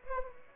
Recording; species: mosquito wingbeat signal from an infrared sensor; Aedes aegypti